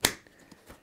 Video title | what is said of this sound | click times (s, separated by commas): Ortlieb Fork-Pack Review: First Look and Install | i also really enjoy that it comes with this really nice and solid click when installing it | 0.1 s